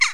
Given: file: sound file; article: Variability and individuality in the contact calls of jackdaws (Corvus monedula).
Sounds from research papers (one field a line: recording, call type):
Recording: jackdaw call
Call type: harmonic